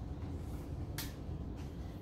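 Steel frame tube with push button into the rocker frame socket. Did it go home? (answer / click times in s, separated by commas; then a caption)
yes / 1.0 s. A steel frame tube with a spring push button is pressed into its mating socket on a Minnie Mouse Stars and Smiles infant-to-toddler activity rocker, over a steady low rumble. A sharp, bright click at 1.0 s is the button popping through, and the tube is locked and seated in place.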